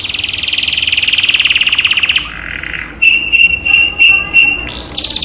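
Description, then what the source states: Canary delivering a fast rattling trill, a lower buzzy phrase, then evenly spaced whistled notes before resuming a high rapid trill. Cage canary; training recording used as therapy to raise the bird's singing volume.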